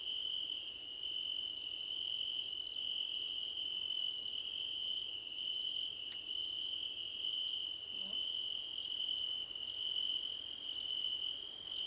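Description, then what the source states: Crickets in chorus: a steady high trill runs throughout, with buzzy very high bursts pulsing in rhythmic runs broken by short gaps, and faint intermittent mid-high dashes. Crickets in a chorus, described as a choir competition.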